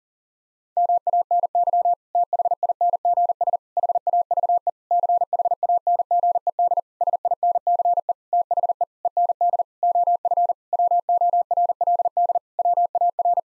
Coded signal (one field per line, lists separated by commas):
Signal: Morse code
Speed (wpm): 40 wpm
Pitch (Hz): 700 Hz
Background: none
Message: MANY THINGS HAVE CHANGED SINCE THE END OF WORLD WAR